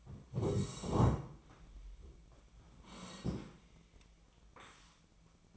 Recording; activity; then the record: daily activity, microphone in the room; sit down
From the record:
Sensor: 1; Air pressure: 1012.3 hPa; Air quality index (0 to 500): 172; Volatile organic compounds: 3 ppm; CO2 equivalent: 1413 ppm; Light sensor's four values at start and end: 44/118/48/59 and 43/116/47/58